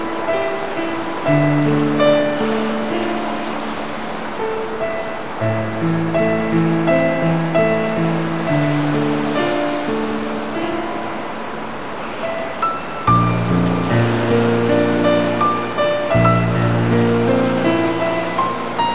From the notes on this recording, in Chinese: 来自大自然下雨的声音，来自大海的声音。